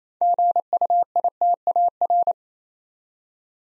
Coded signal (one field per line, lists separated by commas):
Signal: Morse code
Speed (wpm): 29 wpm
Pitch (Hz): 700 Hz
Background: none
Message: GUITAR